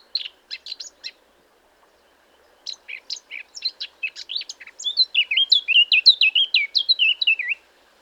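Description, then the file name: Eurasian blackcap singing: a short scratchy twitter, a pause of over a second, then a quick chattering warble that ends in loud, clear fluty whistled notes. "Sylvia atricapilla"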